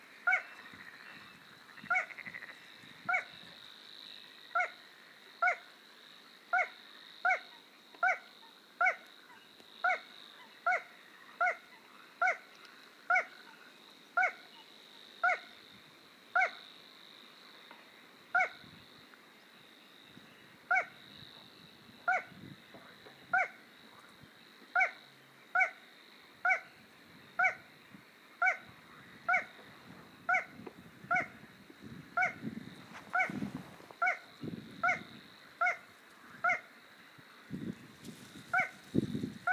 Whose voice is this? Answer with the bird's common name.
Little Crake